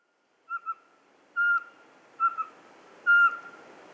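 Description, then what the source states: Eurasian pygmy owl whistles: clear, even notes, alternating long single notes with quick, softer double notes, over a soft hiss. Encounter with a pygmy owl at the top of a spruce, at the foot of the Pic de Bure, Dévoluy massif, 27 September 2017, close to 8 pm, 12 °C.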